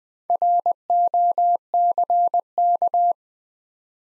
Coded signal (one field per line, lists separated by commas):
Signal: Morse code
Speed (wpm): 20 wpm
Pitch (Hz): 700 Hz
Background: none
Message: ROCK